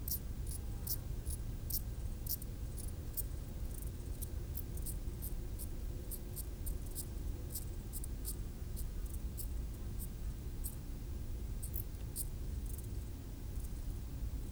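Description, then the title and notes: Grasshoppers producing quick, dry rasping pulses in irregular series, with a low steady hum beneath. Grasshoppers stridulating on a roadside bank beside the road to the Mont du Chat television relay, 1500 m altitude, Le Bourget-du-Lac, France; distant valley noise in background. "D42, 73370 Le Bourget-du-Lac, France - insectes du talus. Route du relais télévision du Mont du Chat à 1500m d'altitude les stridulations des criquets sur le talus et les bruits lointains de la vallée en arrière plan"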